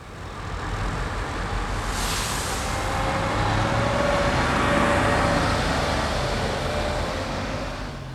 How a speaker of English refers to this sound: Number three is bus.